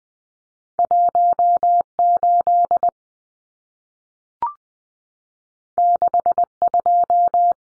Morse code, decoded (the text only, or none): 18 62